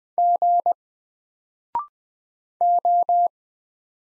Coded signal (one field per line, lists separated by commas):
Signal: Morse code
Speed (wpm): 20 wpm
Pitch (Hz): 700 Hz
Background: none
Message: G O